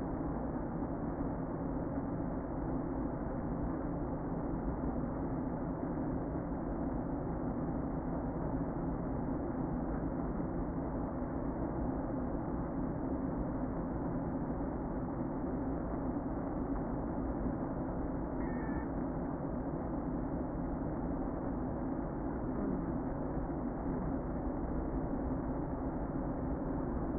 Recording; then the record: honeybee colony, microphone inside the hive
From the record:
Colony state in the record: queen present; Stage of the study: before two queens were removed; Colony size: about 60,000 bees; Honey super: yes